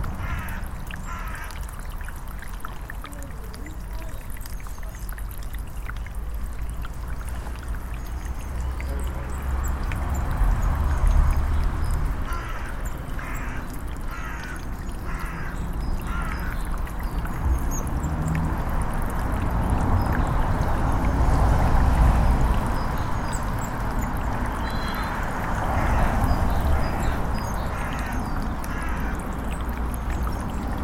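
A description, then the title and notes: Steady rushing water with low traffic rumble beneath, swelling louder around 10 and 20 seconds, while crows caw intermittently over it. I left my Tascam recorder out by a solar powered water pump and it captured the sound of the water, birds, traffic.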